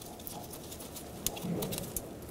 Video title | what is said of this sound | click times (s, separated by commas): How to Replace Downstream O2 Sensor 2012-2020 Chevrolet Sonic | push to hear a click | 1.3 s